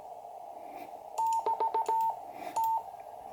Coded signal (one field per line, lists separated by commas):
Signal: Morse code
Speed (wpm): 16 wpm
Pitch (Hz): 900 Hz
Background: none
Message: <BT> T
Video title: #8: QCX - first QSO after repair with Jerry, SP3MEY/QRP